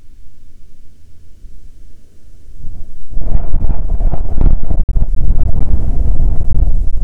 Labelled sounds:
wind
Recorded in the Prudhoe Bay oil fields, Alaska, on 7 August 2019 at 14:45
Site 17

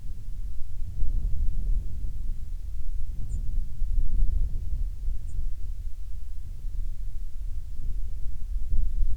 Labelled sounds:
songbird, wind
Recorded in the Prudhoe Bay oil fields, Alaska, on 7 August 2019 at 05:24
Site 13

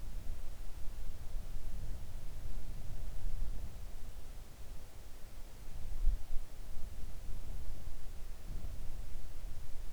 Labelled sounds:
near silence
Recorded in the Arctic National Wildlife Refuge, Alaska, on 3 August 2019 at 05:27
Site 41

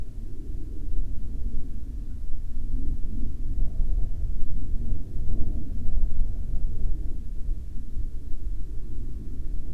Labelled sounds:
aircraft
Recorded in the Prudhoe Bay oil fields, Alaska, on 1 August 2021 at 12:53
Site 25

